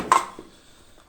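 An AK-74 magazine of polymer/steel is pushed with two fingers into the rifle's magazine well and locks in. It gives one sharp, bright click at 0.1 s, followed by a faint decaying ring and a soft tick near 1.0 s. The magazine is seated.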